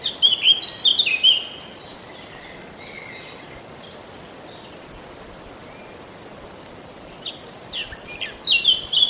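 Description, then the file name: Eurasian blackcap song bursts, a loud warbled phrase opening, quiet between, and a fresh whistled phrase starting at the end. "Sylvia atricapilla"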